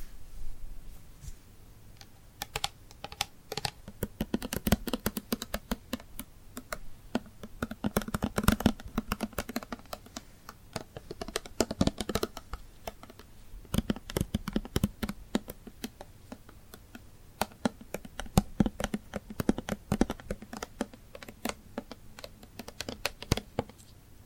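Glued hands make dense bursts of sticky crackles and sharp clicks, like fingers pulling apart and tapping. The crisp sounds come in uneven clusters, busiest around 7–13 seconds and again near 14–16 and 20–24, with thinner gaps between. A faint low hum runs underneath.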